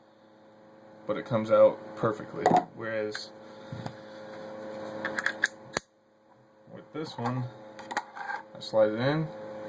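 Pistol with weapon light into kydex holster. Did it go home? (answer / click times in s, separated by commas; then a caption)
yes / 8.0 s. A Glock pistol with a mounted weapon light is slid into a molded kydex holster while someone talks over a steady hum. It snaps into place with a positive click at 8.0 s as the retention catches, and the pistol is seated.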